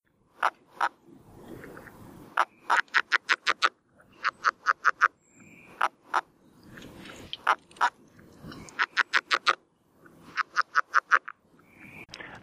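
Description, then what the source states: Red-legged frog calling, short rapid runs of dry clicking pulses repeated several times, separated by pauses. Larger frog with a small voice, easily overlooked when vocalizing.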